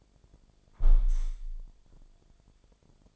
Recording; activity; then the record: daily activity, microphone in the room; close window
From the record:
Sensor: 5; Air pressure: 1006.5 hPa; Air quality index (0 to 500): 187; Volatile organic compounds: 5 ppm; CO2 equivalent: 1781 ppm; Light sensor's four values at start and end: 56/160/62/63 and 56/160/62/63